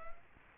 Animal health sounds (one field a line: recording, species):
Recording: mosquito wingbeat signal from an infrared sensor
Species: Culex quinquefasciatus